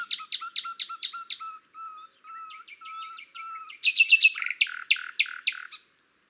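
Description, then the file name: Common nightingale song: a run of loud repeated whistled notes over a low steady tone, then softer repeated notes and a fast, rich series. "Luscinia megarhynchos"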